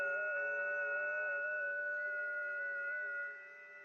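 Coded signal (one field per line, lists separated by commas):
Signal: FT8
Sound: several steady overlapping warbling tones at once, fading out near the end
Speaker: so i have it slightly in the background but yeah i didn't mean to have it that high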